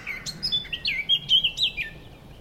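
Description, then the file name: Eurasian blackcap song: a quick run of varied warbled notes, sliding up and down, growing louder toward the middle of the phrase. "Sylvia atricapilla"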